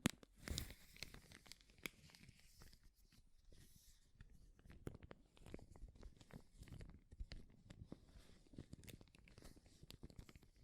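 Dense crinkling and crackling, with a sharp tearing burst near the start, then a steady stream of irregular snaps and crunches throughout.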